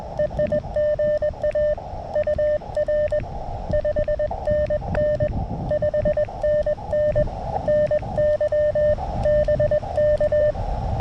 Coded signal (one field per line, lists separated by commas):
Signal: Morse code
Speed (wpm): 20 wpm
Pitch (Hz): 600 Hz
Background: none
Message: E I GA UR 5NN 5NN NY BK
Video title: A tale of two verticals: How much difference can a better antenna really make? CW POTA at K-2034